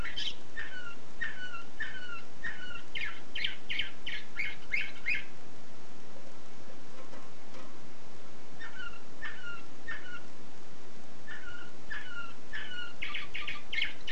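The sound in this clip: Canary song made of short repeated chirps delivered in quick series, pausing for a few seconds midway, then resuming with the same rapid notes.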